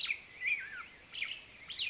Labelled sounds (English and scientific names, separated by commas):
Mountain Quail (Oreortyx pictus)